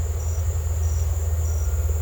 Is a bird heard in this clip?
no